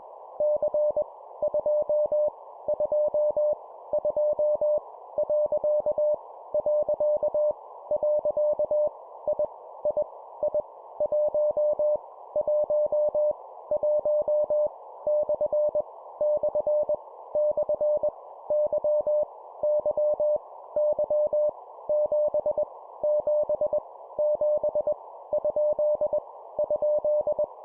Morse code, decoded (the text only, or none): C 2 2 2 . . . I I I 1 1 1 / / / Y Y Y 7 7 7 ? ?